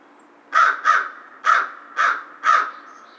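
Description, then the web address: American crow delivering five rasping caws, a close pair followed by three evenly spaced ones, over a faint steady hiss. Recorded 2 March 2010. "Crow 2010 03 02 American Crow"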